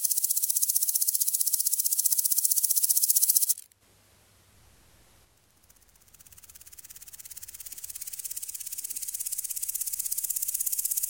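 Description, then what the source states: Grasshoppers giving a high, pulsed rasping chirr that cuts off abruptly after a few seconds, leaving near silence, then slowly swells back to full strength. Grasshoppers in summer on the Ashdown Forest.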